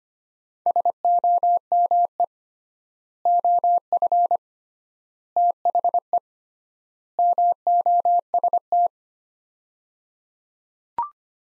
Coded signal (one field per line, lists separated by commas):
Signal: Morse code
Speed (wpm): 25 wpm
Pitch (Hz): 700 Hz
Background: none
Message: SOME OF THE MOST